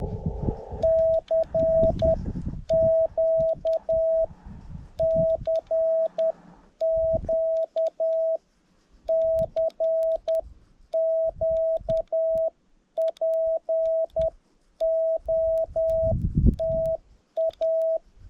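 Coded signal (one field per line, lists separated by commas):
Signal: Morse code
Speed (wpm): 10 wpm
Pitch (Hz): 650 Hz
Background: radio noise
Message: CQ CQ CQ POTA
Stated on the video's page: CW park activation on HF after a 15 km hike, 10W into an EFHW, UK to Belarus contact; tired operator making small keying mistakes.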